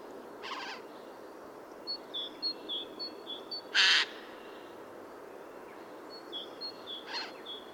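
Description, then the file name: Eurasian jay making a single loud, noisy screech midway, with weaker rasps before and after, over a background of short high bird chirps. "Garrulus glandarius"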